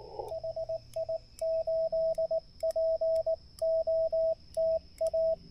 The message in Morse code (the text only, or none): HI 8 POTA